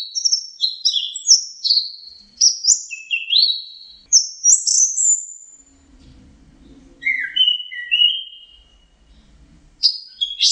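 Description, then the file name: Orange-headed thrush giving clear whistled phrases, then a pause with a soft low rumble before more sweet, slurred whistles. Masteran (training) recording of the song. "suara masteran anis merah"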